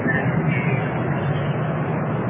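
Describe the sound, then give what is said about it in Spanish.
A muffled, monotonous rumble of port machinery, cranes and trucks at the docks droning together in a steady low wash of noise, dull and even throughout with no distinct individual sounds standing out. “El ruido monótono de las grúas y camiones se escuchaban ahogadamente.”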